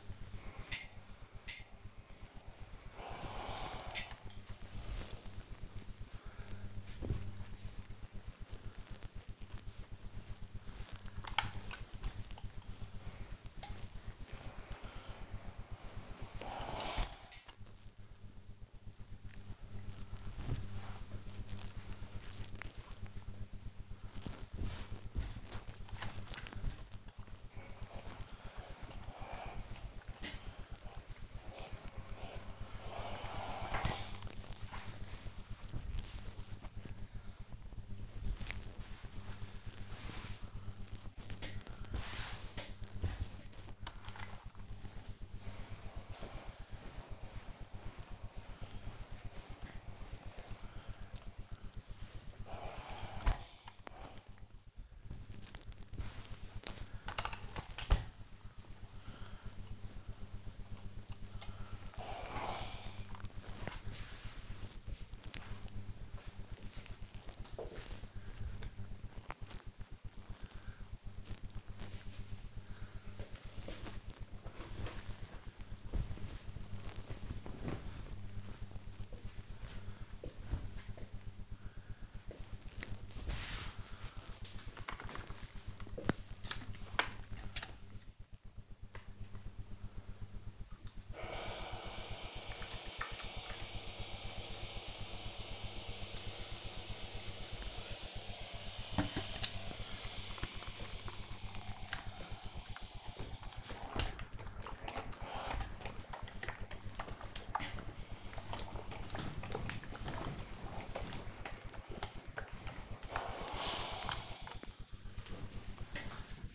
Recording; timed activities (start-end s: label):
household activities, microphone on the right wrist
0.41-66.97 s: ironing laundry
92.14-100.17 s: refill water
106.20-116.55 s: ironing laundry